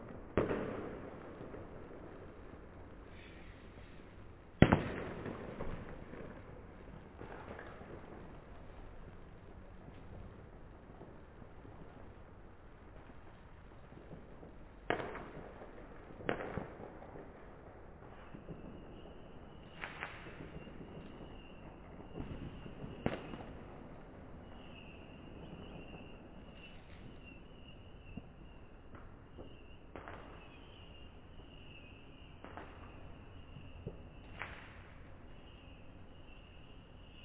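Fireworks bang and crackle across a valley, with a sharp loud burst near five seconds and further strong booms around fifteen, twenty and twenty-three seconds. Many smaller pops echo, and a steady high whistle or hiss runs through the second half.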